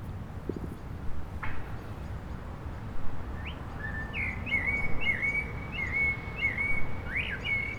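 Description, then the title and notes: Common blackbird song enters after a quiet start: fluted whistles with brief high twittering notes over a continuous low traffic hum. Several blackbirds begin singing after sunset on a mild day, eve of the winter solstice, on Rue Jacques Cartier, Aix-les-Bains, Auvergne-Rhône-Alpes, France, with urban traffic. "Rue Jacques Cartier, 73100 Aix-les-Bains, Auvergne-Rhône-Alpes, France - Merle du solstice. les merles commencent à chanter après le coucher du soleil, passages d'avions, circulation urbaine demain c'est le solstice d'hiver"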